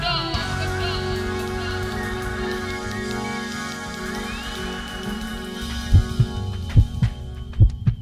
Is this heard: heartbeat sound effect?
yes